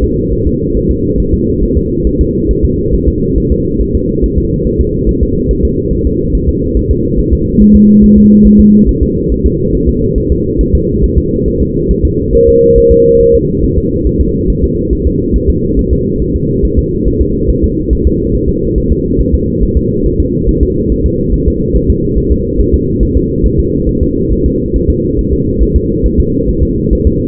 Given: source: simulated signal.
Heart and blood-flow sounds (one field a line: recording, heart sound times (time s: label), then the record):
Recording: fetal heart sounds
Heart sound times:
0.04 s: S2
0.33 s: S1
0.47 s: S2
0.77 s: S1
0.91 s: S2
1.20 s: S1
1.34 s: S2
1.63 s: S1
1.77 s: S2
2.07 s: S1
2.21 s: S2
2.51 s: S1
2.65 s: S2
2.94 s: S1
3.08 s: S2
3.38 s: S1
3.52 s: S2
3.81 s: S1
3.95 s: S2
4.24 s: S1
4.38 s: S2
4.67 s: S1
4.81 s: S2
5.09 s: S1
5.23 s: S2
5.51 s: S1
5.65 s: S2
5.93 s: S1
6.07 s: S2
6.35 s: S1
6.49 s: S2
6.77 s: S1
6.91 s: S2
7.19 s: S1
7.33 s: S2
7.62 s: S1
7.76 s: S2
8.04 s: S1
8.18 s: S2
8.47 s: S1
8.60 s: S2
8.89 s: S1
9.03 s: S2
9.32 s: S1
9.46 s: S2
9.75 s: S1
9.89 s: S2
10.18 s: S1
10.32 s: S2
10.61 s: S1
10.75 s: S2
11.04 s: S1
11.18 s: S2
11.48 s: S1
11.62 s: S2
11.91 s: S1
12.05 s: S2
12.35 s: S1
12.48 s: S2
12.78 s: S1
12.92 s: S2
13.21 s: S1
13.35 s: S2
13.64 s: S1
13.78 s: S2
14.07 s: S1
14.21 s: S2
14.50 s: S1
14.64 s: S2
14.93 s: S1
15.07 s: S2
15.36 s: S1
15.50 s: S2
15.79 s: S1
15.93 s: S2
16.22 s: S1
16.36 s: S2
16.65 s: S1
16.79 s: S2
17.07 s: S1
17.21 s: S2
17.50 s: S1
17.64 s: S2
17.93 s: S1
18.07 s: S2
18.35 s: S1
18.49 s: S2
18.78 s: S1
18.92 s: S2
19.20 s: S1
19.34 s: S2
19.63 s: S1
19.77 s: S2
20.06 s: S1
20.20 s: S2
20.49 s: S1
20.63 s: S2
20.92 s: S1
21.06 s: S2
21.34 s: S1
21.48 s: S2
21.76 s: S1
21.90 s: S2
22.18 s: S1
22.32 s: S2
22.60 s: S1
22.74 s: S2
23.03 s: S1
23.17 s: S2
23.46 s: S1
23.59 s: S2
23.89 s: S1
24.03 s: S2
24.32 s: S1
24.46 s: S2
24.76 s: S1
24.90 s: S2
25.19 s: S1
25.33 s: S2
25.62 s: S1
25.76 s: S2
26.06 s: S1
26.20 s: S2
26.49 s: S1
26.63 s: S2
26.93 s: S1
27.07 s: S2
From the record:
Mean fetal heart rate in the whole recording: 140 bpm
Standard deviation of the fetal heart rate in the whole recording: 2 bpm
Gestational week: 34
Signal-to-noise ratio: -10.2 dB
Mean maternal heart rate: 72 bpm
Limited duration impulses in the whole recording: present